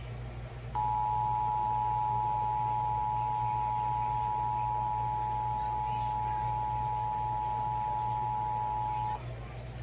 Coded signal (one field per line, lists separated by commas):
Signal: Emergency Alert System (SAME) tones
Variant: 853 and 960 Hz attention tone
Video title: (EAS #192) Severe Thunderstorm Warning for Multiple KMKX Counties